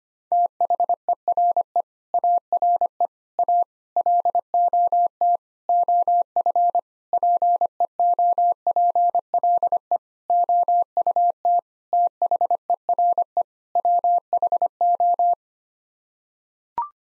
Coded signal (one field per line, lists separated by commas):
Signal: Morse code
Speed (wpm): 25 wpm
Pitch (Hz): 700 Hz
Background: none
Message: THERE ARE A LOT OF PEOPLE OUT THERE WHO